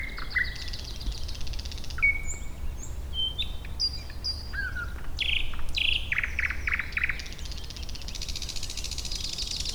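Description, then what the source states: Thrush nightingale song opening with whistles, then a sequence of loud repeated clicking chock notes and a short buzzy phrase, against low steady background noise. Recorded at Warta, Poland, in April 2010.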